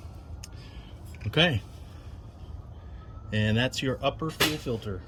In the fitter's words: there you just want to hear that audible click